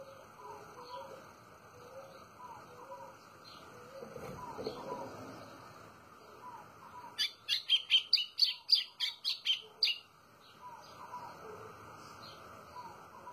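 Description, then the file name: White-throated seedeater singing a fast burst of sharp, high chirps, preceded and followed by soft, lower whistled notes from other birds. "canto do golinho"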